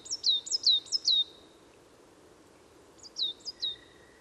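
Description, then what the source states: Coal Tit song: two short bursts of high, thin, sparkling double notes, three phrases in each, with a faint steady tone at the end. Wild bird singing in forest in the Drôme, France, 20 March 2019, about 18:30 at sunset; parabolic reflector, MKH8020 microphone, MixPre-3 recorder; song likened to Great Tit's but more sparkling and finer.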